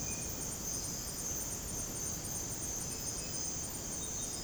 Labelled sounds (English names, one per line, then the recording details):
none
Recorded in dense forest near Puerto Asís, Putumayo, Colombia, on 21 February 2024 at 04:30
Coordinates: 0.486, -76.316
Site G6437